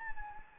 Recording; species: mosquito wingbeat signal from an infrared sensor; Anopheles gambiae